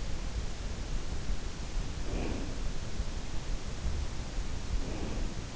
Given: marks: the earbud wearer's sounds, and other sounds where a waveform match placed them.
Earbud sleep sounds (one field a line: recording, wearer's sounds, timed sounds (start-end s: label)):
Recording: sounds in sleep by an in-ear microphone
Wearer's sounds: breath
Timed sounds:
1.51-3.32 s: breath
4.28-5.51 s: breath